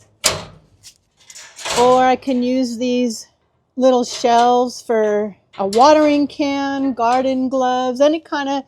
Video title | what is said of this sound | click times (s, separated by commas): Vego Garden Elevated Beds Make Gardening EASIER! (Setup & Review) | They just snap right in the holes that are already pre-drilled in there. | 0.3 s